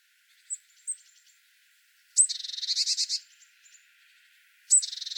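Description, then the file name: Eurasian blue tit giving thin, very high notes, then a buzzy, churring scold of rapid repeated notes, which starts again near the end. "Cyanistes caeruleus"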